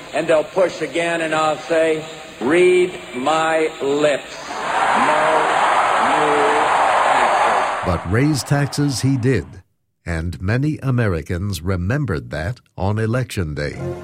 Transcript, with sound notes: And they’ll push again, and I’ll say ‘Read my lips – no new taxes.’ [Cheering]
But raise taxes he did, and many Americans remembered that on Election Day.